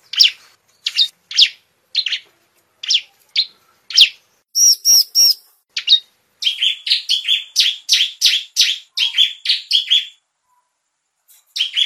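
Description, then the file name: Bar-winged prinia song: spaced single high chirps, a brief harsh buzz, then a rapid run of bright repeated notes before falling quiet, with one more note at the end. "suara burung ciblek semi"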